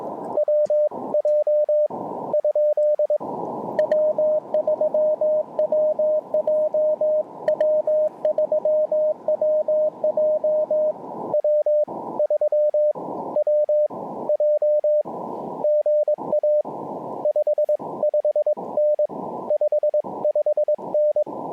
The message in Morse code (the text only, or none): WJ ? W3WJ W3WJ W3WJ GA 55N 55N